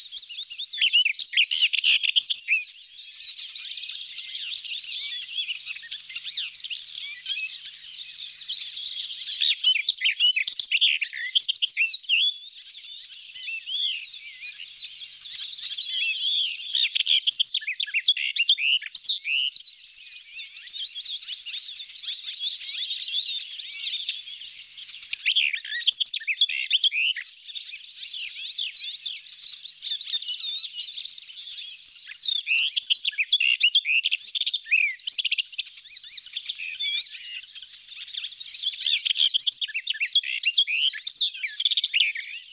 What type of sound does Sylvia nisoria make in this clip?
song